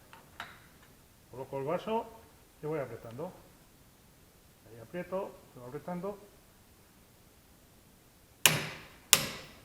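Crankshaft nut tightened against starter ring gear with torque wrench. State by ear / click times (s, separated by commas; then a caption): torque reached / 8.5 s, 9.1 s. A torque wrench set to 190 N·m tightens the nut on the crankshaft thread of a Rotax DD2 kart engine against the starter ring gear. Someone talks through the first few seconds, then the wrench gives two sharp clicks at 8.5 s and 9.1 s. The clicks confirm the nut has reached its set torque.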